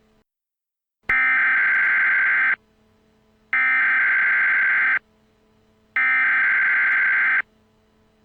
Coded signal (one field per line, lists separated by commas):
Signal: Emergency Alert System (SAME) tones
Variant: header bursts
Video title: THEY ARE HERE ! A War of The Worlds EAS